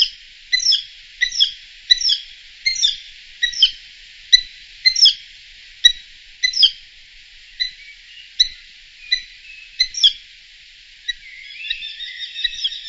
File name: falco subbuteo